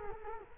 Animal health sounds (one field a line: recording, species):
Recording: mosquito wingbeat signal from an infrared sensor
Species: Culex quinquefasciatus